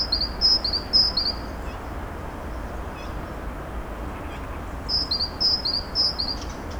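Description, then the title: Bird song in two bursts of bright, high chirping notes, quick repeated phrases around the start and again near the end, over steady low rumble of traffic-like noise. Birds singing in Narbonne, France; recorded with a ZOOM H6 and Sennheiser MKE 600 microphone. "Narbonne, France - Birds Sing 03"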